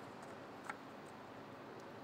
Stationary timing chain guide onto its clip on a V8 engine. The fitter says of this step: down on the bottom we have to get over our clip get the chain lined up snapped into place